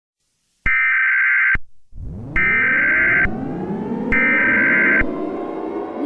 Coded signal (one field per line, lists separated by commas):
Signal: Emergency Alert System (SAME) tones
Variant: header bursts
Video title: EAS Scenario Blood Sun #1